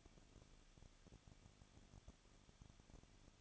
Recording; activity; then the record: daily activity, microphone in the room; no activity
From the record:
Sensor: 4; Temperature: 23.1 degrees Celsius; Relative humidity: 34.1%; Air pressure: 1007.3 hPa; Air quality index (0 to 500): 215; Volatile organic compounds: 14 ppm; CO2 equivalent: 2475 ppm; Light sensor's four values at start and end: 2/3/1/1 and 2/3/1/1